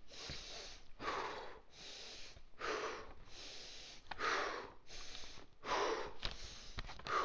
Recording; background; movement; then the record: deep breathing; quiet; walking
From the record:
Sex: male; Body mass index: 22.0 kg/m2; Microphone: on the chest, facing outward